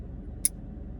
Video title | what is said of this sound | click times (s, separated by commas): Unboxing Knives from frkshw_edc | sphero on gillian bearings oh you feel that or you hear that uh detent click in | 0.4 s